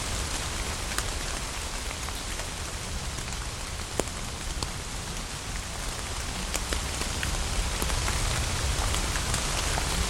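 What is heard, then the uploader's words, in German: Rain falls steadily in a forest, a dense, even hiss that holds its level throughout. Sharp drips and splashes stand out on top, a few louder ones near the start and middle, over a soft low rumble underneath. ASMR Regen im Teutoburger Wald: Ambient 3D-Sound. Er nimmt dich an seinen Kraftort in Bad Iburg. Den herrlichen Klang des Regens im Teutoburger Wald.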